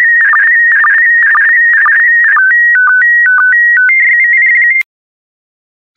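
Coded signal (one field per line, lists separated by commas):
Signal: SSTV (slow-scan television)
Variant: PD120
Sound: warbling tone, then alternating steady high and lower tones with short low blips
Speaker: complete. You can now check your decoded image against the picture that is shown on the video.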